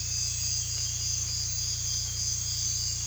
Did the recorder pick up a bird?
no